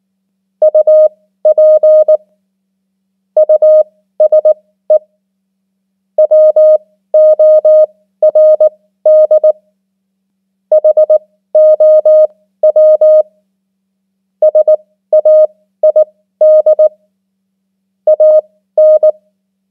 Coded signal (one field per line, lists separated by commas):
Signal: Morse code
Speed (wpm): 19 wpm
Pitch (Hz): 620 Hz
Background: none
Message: UP USE WORD HOW SAID AN